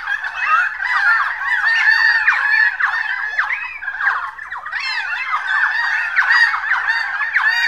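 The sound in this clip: Birds in a noisy flock, rapid squeaky calls overlapping constantly, the chatter dipping briefly midway before building again.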